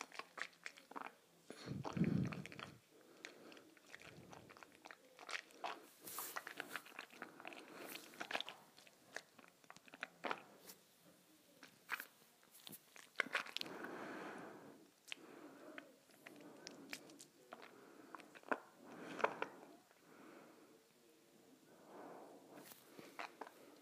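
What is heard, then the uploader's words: Water swishes around inside a mouth in irregular wet bursts, with sloshing, gurgling and small clicks and smacks. A heavier low gulp or slosh stands out near two seconds, and bursts continue unevenly through the clip with brief quieter gaps between them. ASMR Swishing Water in my Mouth.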